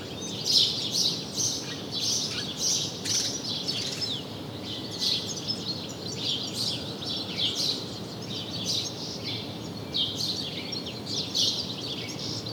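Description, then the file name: House sparrow calls: quick, repeated high chirps clustered in lively bursts, with a few thinner notes mixed in and a constant low rumble underneath. "Passer domesticus"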